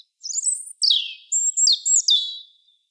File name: Erithacus rubecula